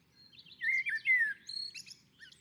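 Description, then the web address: Common blackbird giving a single rich, fluty warble that slides downward, then finishes with a brief high twittering flourish. On a roof. "Naturinspelningar Koltrast på taket"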